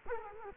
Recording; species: mosquito wingbeat signal from an infrared sensor; Culex quinquefasciatus